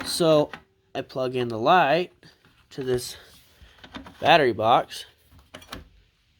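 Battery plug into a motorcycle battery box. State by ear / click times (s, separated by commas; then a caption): not seated / none. Someone talks while pushing a light's plug into the battery box on a motorcycle, and a few faint, brief taps are heard near the end around 5.4 to 5.7 seconds. The connector fails to click in, so nothing has seated or clicked yet, and the loose connection cuts the power when it moves.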